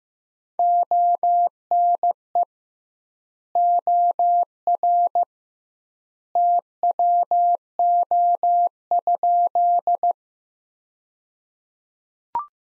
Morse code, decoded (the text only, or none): ONE OR TWO?